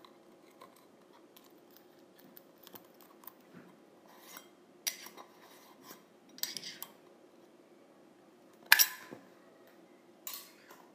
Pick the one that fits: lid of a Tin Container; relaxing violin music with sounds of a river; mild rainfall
lid of a Tin Container